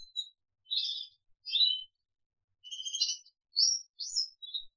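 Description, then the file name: Crested canary with spaced high chirps and brief buzzy phrases, ending on quick rising whistles, pauses between each. "audio kenari jambul"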